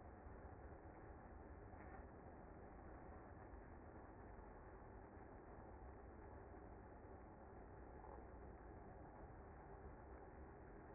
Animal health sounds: honeybee colony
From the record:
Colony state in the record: active

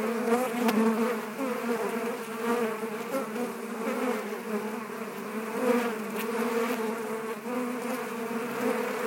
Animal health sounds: honeybee colony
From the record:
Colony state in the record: active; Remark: normal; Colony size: 10,000 bees

